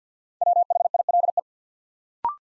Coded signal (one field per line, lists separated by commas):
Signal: Morse code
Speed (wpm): 50 wpm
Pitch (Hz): 700 Hz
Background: none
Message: WHILE